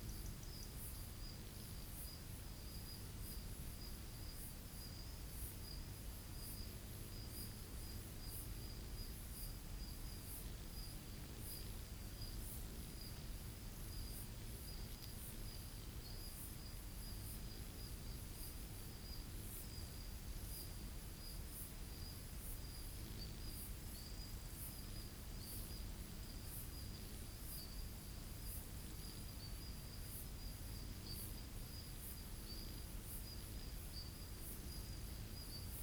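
A summer night in the bush hums with crickets and cicadas: a steady high trill, rapid pulsing shimmer above, and a low rumble underneath throughout.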